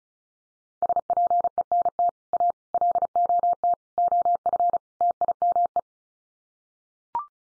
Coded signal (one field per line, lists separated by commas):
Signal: Morse code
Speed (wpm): 34 wpm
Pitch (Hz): 700 Hz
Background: none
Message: SPENT A LOT OF TIME